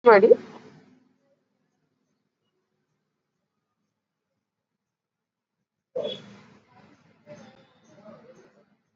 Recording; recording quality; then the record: deep breathing; poor, much background noise or distortion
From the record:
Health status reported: exposed to COVID-19, no respiratory illness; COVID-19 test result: not tested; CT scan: not taken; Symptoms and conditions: cough, cold, fever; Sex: female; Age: 55 years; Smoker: no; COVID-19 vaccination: both doses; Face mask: worn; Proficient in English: yes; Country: India